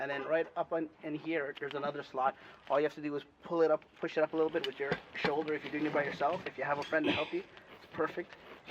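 A metal support bar is being pushed up into a bracket slot on a Jayco pop-up tent trailer, lifted with a shoulder, while someone talks throughout. A sharp knock sounds at the very end, around 8.7 s, but the bar has not snapped into the slot yet; nothing has seated.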